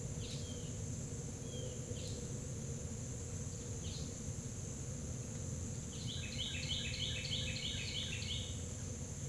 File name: Carolina Wren